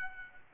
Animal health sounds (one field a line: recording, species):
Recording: mosquito wingbeat signal from an infrared sensor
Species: Culex quinquefasciatus